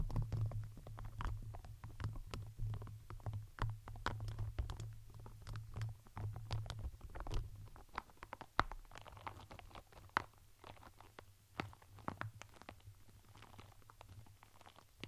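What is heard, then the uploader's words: Crinkling and brushing sounds on plastic, paper and silicone, made of many short, sharp ticks and rustles at an irregular, quick pace. A low rumbling hum runs underneath for the first eight seconds, then drops away, leaving quieter, sparser crinkles toward the end. Crinkles, Plastic, Brush, Silicone, Glass, Paper.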